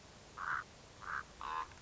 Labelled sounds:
Common Raven (Corvus corax)
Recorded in Sonoma County, California

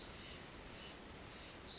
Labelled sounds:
Pacific Wren (Troglodytes pacificus)
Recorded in Sonoma County, California

